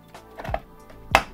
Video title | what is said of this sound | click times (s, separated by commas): TUTO COMPLET : Montage PC, Installation Windows, Configuration de base et BIOS 💾 | on entend un petit clic ensuite on va fixer au châssis avec les même vis que l'alimentation donc les grosses vis | 1.2 s